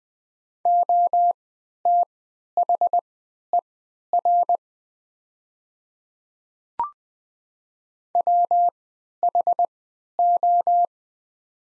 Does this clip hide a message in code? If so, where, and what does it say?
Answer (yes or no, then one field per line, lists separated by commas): yes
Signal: Morse code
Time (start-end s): 0.7-10.9 s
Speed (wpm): 20 wpm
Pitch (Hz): 700 Hz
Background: none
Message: OTHER WHO